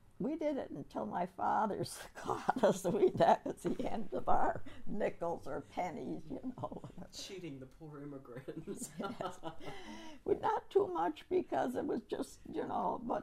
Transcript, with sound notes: We did it until my father caught us. [Laughs] That was the end of our nickels or pennies, you know. [Laughs]
Cheating the poor immigrants. [Laughs]
Not too much, because it was just -- you know.